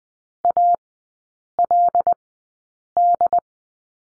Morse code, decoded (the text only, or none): ALD